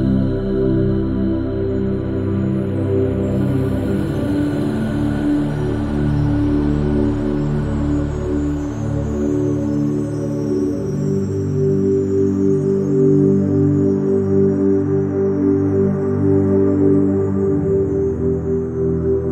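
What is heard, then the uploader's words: Delta sleep brainwaves with binaural beats: a continuous bed of low, layered sustained tones that hum and shimmer, with a bright steady tone riding on top. The level stays even throughout, with faint airy high ringing drifting in and out. Delta sleep brainwaves, binaural beats.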